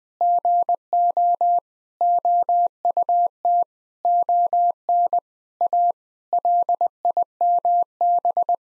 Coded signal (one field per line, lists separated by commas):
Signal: Morse code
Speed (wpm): 20 wpm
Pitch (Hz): 700 Hz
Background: none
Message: GO OUT ON A LIMB